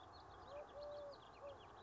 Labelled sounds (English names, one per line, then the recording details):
Eurasian Collared Dove
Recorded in Sonoma County, California